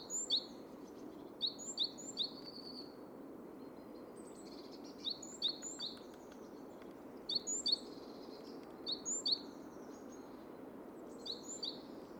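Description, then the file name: Great tit calling in several short bursts of two or three sharp, high notes at irregular intervals, over a steady low hiss. "Parus major"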